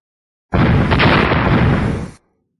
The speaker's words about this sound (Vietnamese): Từng trận thanh âm nổ vang từ dưới đất truyền đến, quang mang đỏ thẫm trên mặt đất càng lúc càng thịnh, từng trận sóng khí nóng rực từ phía dưới bay lên.